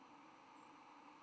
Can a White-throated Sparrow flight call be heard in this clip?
yes